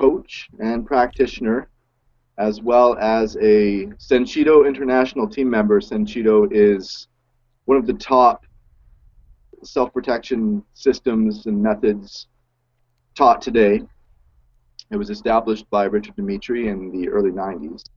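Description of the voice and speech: A man speaks fluently in a low, clear voice with natural phrasing pauses and no stuttering.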